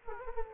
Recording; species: mosquito wingbeat signal from an infrared sensor; Aedes aegypti